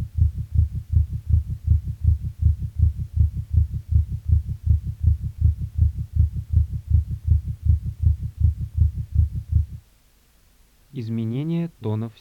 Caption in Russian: Пароксизмальная тахикардия аускультативно проявляется большой частотой сердечных сокращений, обычно более 150 ударов в минуту, при сохранении правильного ритма. Громкость тонов обычно повышена, однако различить первый и второй тоны бывает крайне сложно. У больного ишемической болезнью сердца в момент пароксизма наджелудочковой тахикардии.